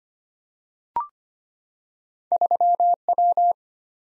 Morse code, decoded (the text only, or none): 3W